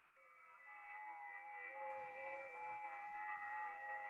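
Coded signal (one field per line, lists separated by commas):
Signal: FT8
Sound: several overlapping steady warbling tones at different pitches, sounding like squealing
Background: radio static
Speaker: sounds like a herd of cats being tortured or something did you hear there's just a bunch of squealing different tones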